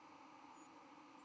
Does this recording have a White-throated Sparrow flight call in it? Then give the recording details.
yes. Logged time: 06:02 on 31 October 2014